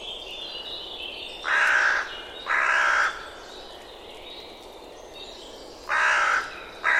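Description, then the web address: Bird calls, loud raspy caws in two pairs: two about a second apart, a pause of several seconds, then two more, with faint background hiss. "birddata Deverinetal 2025 Bird Only"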